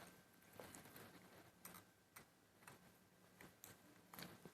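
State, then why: Not seated. A 6.5 mm locking screw is driven with a screwdriver into the threaded hole of a distal femur locking plate. Short, sharp ticks of metal handling are heard at about 0.8, 1.7, 3.6, 4.1 and 4.2 seconds over a low background. The screw head has not yet locked into the plate, so nothing has seated or clicked home.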